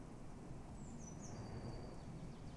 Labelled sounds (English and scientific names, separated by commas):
Eurasian Blue Tit (Cyanistes caeruleus)